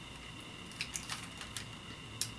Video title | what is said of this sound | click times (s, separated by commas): Build Lego Mindstorms Robot | yep and this just snaps | 2.2 s